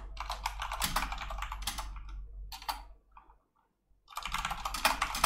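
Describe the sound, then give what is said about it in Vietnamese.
Rapid, steady keyboard typing of a comment, with dense bursts of crisp clicks, a brief pause to near silence around the middle, then fast typing resuming; no one speaks. “Đây mình ghi một comment nhé.”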